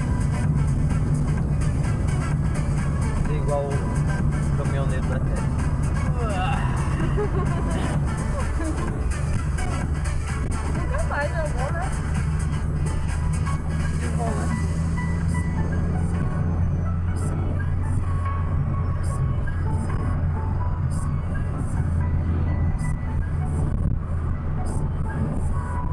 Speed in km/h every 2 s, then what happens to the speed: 66, 68, 69, 69, 70, 71, 73, 78, 81, 78, 77, 75, 75.
0-9 steady at about 69. 9-15 speeds up to 81.